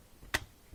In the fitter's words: There we go. Hear a pretty loud click.